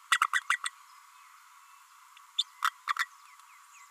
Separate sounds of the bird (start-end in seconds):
0.11-0.19, 0.33-0.41, 0.49-0.58, 0.65-0.70, 2.38-2.43, 2.88-2.93, 2.98-3.07